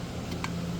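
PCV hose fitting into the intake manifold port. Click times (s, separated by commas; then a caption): 0.4 s. A small PCV hose fitting is pushed into its port on the back of the intake manifold during a Honda Civic Si engine swap. Over a steady low hum, one short, sharp click is heard at 0.4 s as the fitting seats in place.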